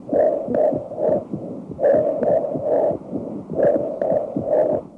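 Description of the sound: Abnormal whispered pectoriloquy heard through a stethoscope over an adult chest: the patient's whispered "1-2-3" comes through as distinct, clearly transmitted syllable bursts, repeated in three groups of three, rather than the faint, muffled whisper normally heard.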